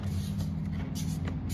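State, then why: Not seated. A plastic trim piece is lined up by its holes with the rear door panel of a 2014 Ford Explorer (2011-2015 model) and handled into position. A steady low hum fills the clip, with a few faint, brief handling noises, including a short tap around 1.3 s. The trim has not snapped in or seated yet.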